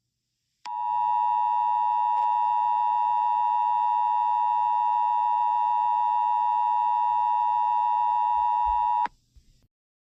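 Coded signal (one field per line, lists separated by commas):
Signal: Emergency Alert System (SAME) tones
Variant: 853 and 960 Hz attention tone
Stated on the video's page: Fictional EAS scenario of an attack.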